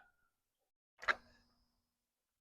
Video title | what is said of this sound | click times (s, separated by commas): HARYMOR, Solar Powered Hummingbird Feeder with Camera Unboxing and setup | and then it locks and you'll hear it snap | 1.0 s